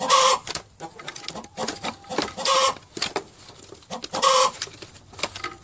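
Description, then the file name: Chicken cackling with loud harsh squawks over rapid clucks, against a rough, noisy background. Hen; sound made when laying an egg. "spawning sound hen"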